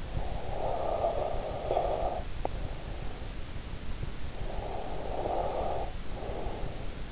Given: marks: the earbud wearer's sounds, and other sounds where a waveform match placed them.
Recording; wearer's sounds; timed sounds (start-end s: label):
sounds in sleep by an in-ear microphone; breath
0.06-2.87 s: breath
4.09-7.12 s: breath